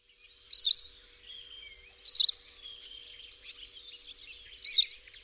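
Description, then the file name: White wagtail giving sharp high chirps, first about one and a half seconds apart then about two and a half seconds apart, over soft continuous twittering. "Pliszka siwa"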